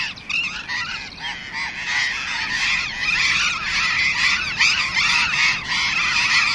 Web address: burrowing parakeet